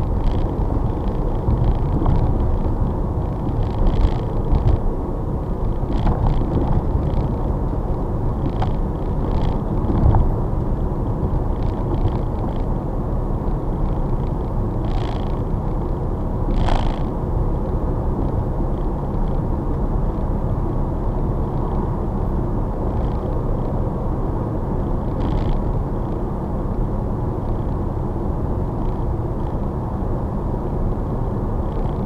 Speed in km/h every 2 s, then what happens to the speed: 50, 48, 47, 50, 50, 50, 52, 52, 53, 55, 53, 55, 55, 55, 55, 53.
0-32 steady at about 52.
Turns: none.